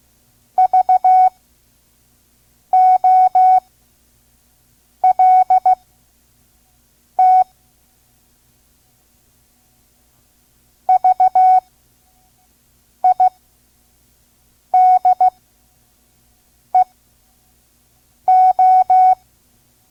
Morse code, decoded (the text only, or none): VOLT VIDEO